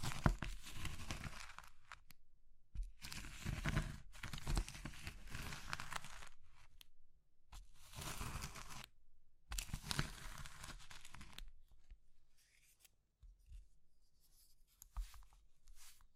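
Crushing of soft, crumbly material such as chalk or soap comes in dense, crackly bursts of a few seconds each, separated by short silences. The crunching is gritty and bright with a low thump underneath, strongest early on, then thinner and sparser after about eleven seconds.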